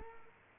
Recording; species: mosquito wingbeat signal from an infrared sensor; Culex quinquefasciatus